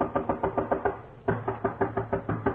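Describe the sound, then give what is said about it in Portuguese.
Firm, rapid knocks on the wooden door of a ship's cabin in two bursts, each a steady run of sharp thuds separated by a brief pause, knocking ever harder, with no voices. “Estranhando cada vez mais tudo aquilo, bate mais forte ainda.”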